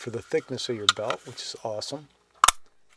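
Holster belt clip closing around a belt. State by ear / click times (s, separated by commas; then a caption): seated / 2.4 s. Someone talks as the hinged belt attachment on the back of a Blade-Tech polymer holster, which has spacers to adjust for belt thickness, is closed around a belt. It snaps shut with a sharp click at 2.4 seconds and locks into place.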